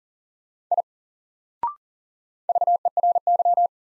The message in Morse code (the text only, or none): I VERY